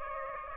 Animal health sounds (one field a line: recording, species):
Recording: mosquito wingbeat signal from an infrared sensor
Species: Aedes aegypti